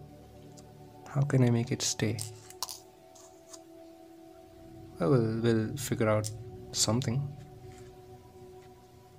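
A loose centre piece that kept falling out of a plastic Verypuzzle Crazy Chopper twisty puzzle is handled at its slot in the core, with a few faint short clicks of handling around 2.5 to 3.5 seconds and a steady background hum. Someone talks before and after. Nothing has seated or clicked into place yet.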